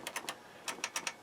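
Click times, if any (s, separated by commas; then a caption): none. A front-panel push-button switch on a Sansui R-606 stereo receiver is pressed several times, giving six sharp plastic clicks in two groups of three. The switch does not latch, and nothing has seated or clicked into place yet.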